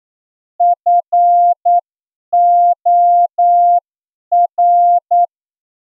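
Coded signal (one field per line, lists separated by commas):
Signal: Morse code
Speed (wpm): 9 wpm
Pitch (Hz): 700 Hz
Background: none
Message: FOR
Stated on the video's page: Morse receiving test practice at 8 words per minute, plain language passage of 200 characters including letters, figures and punctuation.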